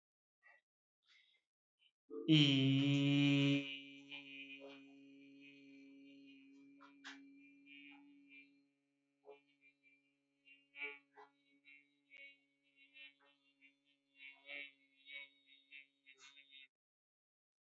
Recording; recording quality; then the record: sustained vowel as in beet; excellent, no background noise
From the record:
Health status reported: healthy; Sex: male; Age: 30 years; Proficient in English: yes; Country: India